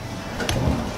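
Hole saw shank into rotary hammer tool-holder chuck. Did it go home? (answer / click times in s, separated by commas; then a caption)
yes / 0.5 s. A hole saw's arbor shank is pushed into the tool-holder chuck of a big rotary hammer, the same way a masonry bit goes in. One short, sharp click is heard at 0.5 s over a low background hum as the shank snaps into place. The hole saw is seated in the chuck.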